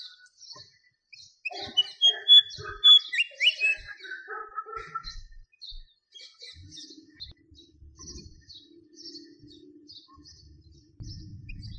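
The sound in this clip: White-spotted fantail: a burst of squeaky whistled notes at varied pitches in quick uneven succession, with softer scattered chips afterwards.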